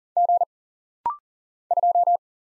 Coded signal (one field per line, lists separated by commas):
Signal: Morse code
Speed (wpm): 39 wpm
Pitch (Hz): 700 Hz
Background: none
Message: G 2